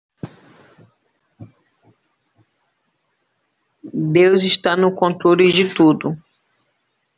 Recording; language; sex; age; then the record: short text; Brazilian Portuguese; female; 50 to 59 years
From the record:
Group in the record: control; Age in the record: 55 years